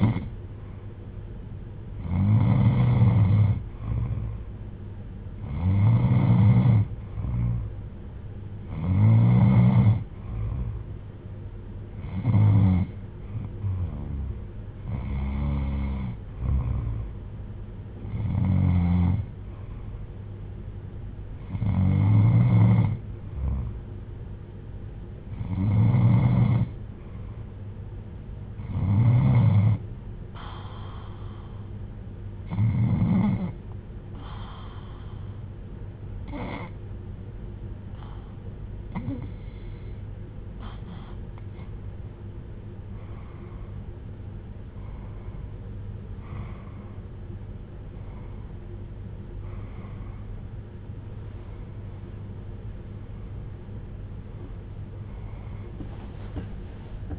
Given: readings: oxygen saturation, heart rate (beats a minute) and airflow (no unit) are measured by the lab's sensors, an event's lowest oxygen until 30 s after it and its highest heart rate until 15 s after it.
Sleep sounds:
breathing in sleep by a smartphone at the bedside; none
48.00-57.19 s: new sleep stage, awake
53.00-57.19 s: awake
From the record:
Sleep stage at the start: N2 (light sleep); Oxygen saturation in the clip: 92 to 95%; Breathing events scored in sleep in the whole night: 310 in 8.1 hours asleep

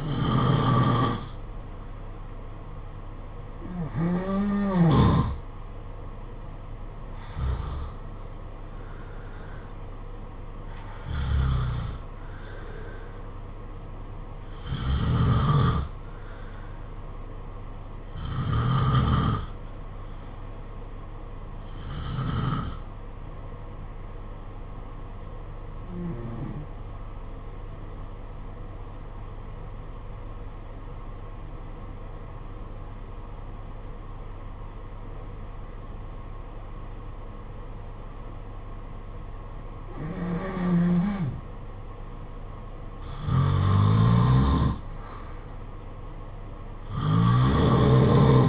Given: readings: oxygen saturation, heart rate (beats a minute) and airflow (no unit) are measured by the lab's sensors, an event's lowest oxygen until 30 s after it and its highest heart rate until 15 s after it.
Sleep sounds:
breathing in sleep by a smartphone at the bedside; 1
29.00-41.50 s: obstructive apnea (N2, oxygen 94% highest, then 87% lowest, heart rate 52 at the start, 58 highest)
From the record:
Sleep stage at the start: N2 (light sleep); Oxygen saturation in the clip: 87 to 94%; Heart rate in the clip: 51 to 58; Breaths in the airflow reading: 11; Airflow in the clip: -6.5 to 6.6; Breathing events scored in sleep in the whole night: 476 in 9.7 hours asleep

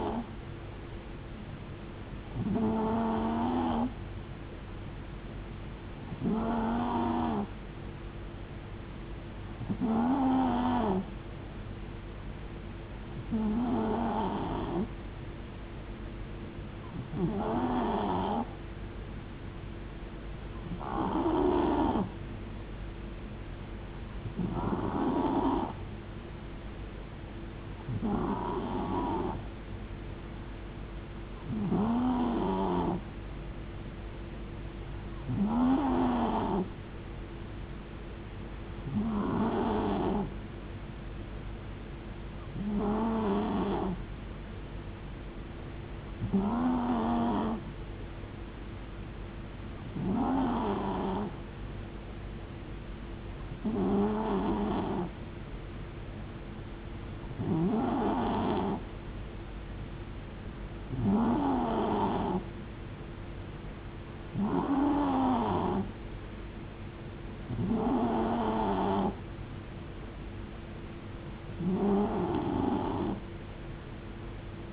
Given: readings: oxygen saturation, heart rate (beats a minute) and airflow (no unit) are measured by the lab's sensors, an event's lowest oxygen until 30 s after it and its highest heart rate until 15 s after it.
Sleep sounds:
breathing in sleep by a voice recorder at the bedside; 1
3.00-20.00 s: hypopnea (N2, oxygen 91% highest, then 91% lowest)
From the record:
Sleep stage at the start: N2 (light sleep); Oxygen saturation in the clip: 91%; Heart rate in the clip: 63 to 75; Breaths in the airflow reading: 21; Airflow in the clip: -4.5 to 3.2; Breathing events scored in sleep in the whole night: 389 in 6.3 hours asleep

